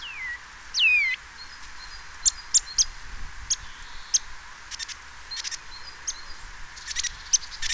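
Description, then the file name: Eurasian Nuthatch calls: two downward-sweeping notes at the start, the second loud, then a scatter of quick dry ticks and clicks over a high background hiss. "Sitta europaea"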